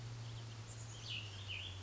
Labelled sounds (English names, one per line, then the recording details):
Cassin's Vireo
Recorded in Sonoma County, California